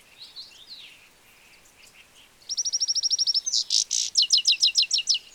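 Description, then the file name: European goldfinch twittering: soft, faint notes at first, then a quick, even trill of bright chirps followed by louder, tinkling notes at a steady pace. "Carduelis carduelis"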